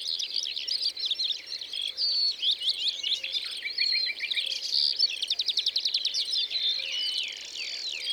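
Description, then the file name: Eurasian skylark song, a long high warbling stream mixing slurred whistles with fast rattling trills, over a soft steady background hiss. Eurasian skylarks recorded in the Drôme, France. "Alouettes des champs Concerts Naturels de la Drome Studio les Trois Becs"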